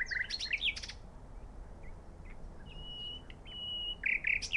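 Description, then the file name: Common nightingale song: a quick burst of sharp notes, a pause, then a long steady whistle and loud closing chirps. "Luscinia megarhynchos"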